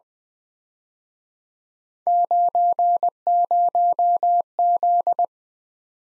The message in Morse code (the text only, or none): 90Z